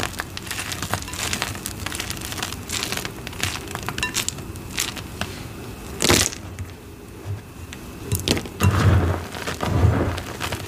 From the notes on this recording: Glassy Crunchy Gym Chalk Shards & Rolling Pin Crushes